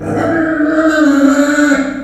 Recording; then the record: squeal of a Yucatan mini pig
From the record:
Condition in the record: after surgery on the right vocal fold (resection and tissue-engineered implant); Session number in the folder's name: 4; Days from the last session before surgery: 26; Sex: female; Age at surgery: 19 weeks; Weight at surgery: 25 kg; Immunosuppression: prednisolone